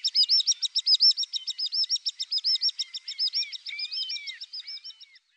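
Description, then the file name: Common sandpiper giving a steady run of rapid, high piping notes that slowly fade. "Drillsnappa"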